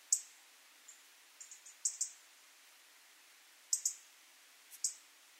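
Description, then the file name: European robin giving sharp high ticks, some single and some doubled, spaced irregularly over soft background hiss. "Erithacus rubecula"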